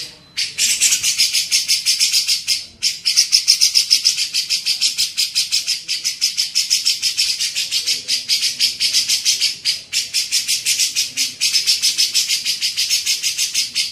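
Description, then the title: Grey-cheeked bulbul chattering almost without a break, a dense run of scratchy, buzzy notes in quick succession, with only brief pauses. Masteran recording used to train songbirds. "MASTERAN CUCAK JENGGOT"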